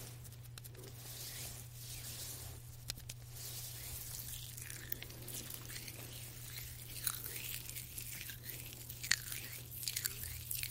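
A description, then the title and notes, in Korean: A gentle hand massage with no talking: soft, continuous rubbing and swishing of skin, with small moist crackles and clicks that grow a little busier toward the end, including sharper ticks near 3, 7 and 9 seconds. A steady low hum runs underneath throughout. 말없이 부드러운 손 마사지 소리.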